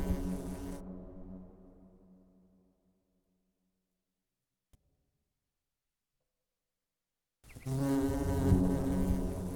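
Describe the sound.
Bee buzz, a deep droning hum at the start that trails off into silence, followed by a renewed steady buzz in the final two seconds.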